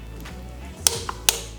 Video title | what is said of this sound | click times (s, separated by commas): Is the Vanpo Torque Wrench Set the Best Budget Option Find Out! | You see how it popped there? That means it's about 18 lbs. | 0.9 s, 1.3 s